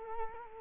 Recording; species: mosquito wingbeat signal from an infrared sensor; Culex quinquefasciatus